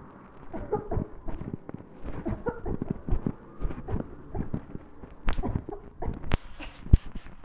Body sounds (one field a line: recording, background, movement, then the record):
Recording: voluntary coughing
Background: traffic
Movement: walking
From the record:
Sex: female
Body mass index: 18.8 kg/m2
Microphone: on the chest, facing the body